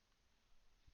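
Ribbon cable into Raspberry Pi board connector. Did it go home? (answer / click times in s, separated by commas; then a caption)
no / none. A flat ribbon cable is handled at the connector of a Raspberry Pi board, with its plastic locking tab about to be pushed down to clamp it. Only quiet background noise is heard, with a soft low thump near 0.9 seconds. Nothing has seated or clicked yet.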